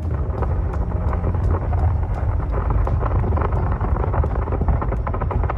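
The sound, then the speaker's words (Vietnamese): Thunder rumbles inside a mountain, deep and steady throughout, a loud, unbroken low roar with scattered sharp crackles on top and no voices. “Tiếng sấm nổ trong lòng núi rội vàng khắp nơi.”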